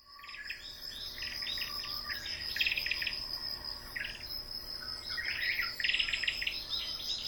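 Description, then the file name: Ryukyu robin song, bursts of rich, trilled and warbled phrases in short runs with pauses, over a constant high insect drone throughout. At Yanbaru on 20 September 2017. "akahige yanbaru morishita"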